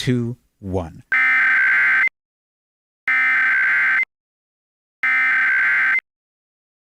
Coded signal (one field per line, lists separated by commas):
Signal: Emergency Alert System (SAME) tones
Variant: header bursts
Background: speech